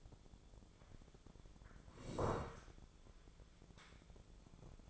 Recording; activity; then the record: daily activity, microphone in the room; sit down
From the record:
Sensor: 5